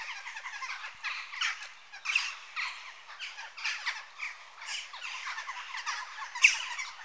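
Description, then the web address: Western jackdaws calling: sharp, clipped squawks overlapping in a busy chorus. Adult birds. "The BBC Sound Effects Library - Complete 60 CDs Collection. Jackdaw (Corvus Monedula) Adults"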